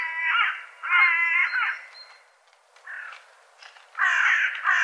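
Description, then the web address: Bird producing two loud nasal caws, a quiet stretch with a softer note, then harsh calls resuming. "cianscape birddata"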